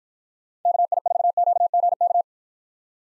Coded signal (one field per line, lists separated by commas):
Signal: Morse code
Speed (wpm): 53 wpm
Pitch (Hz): 700 Hz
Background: none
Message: KI4QGK